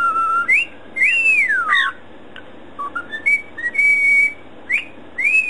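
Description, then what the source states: Cockatiel whistling clear tonal notes, a long arched slur then short rising and level whistles, with brief pauses between phrases. Cockatiel whistling (siulan).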